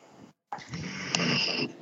There's three dogs actually snoring in the background. It is snoring.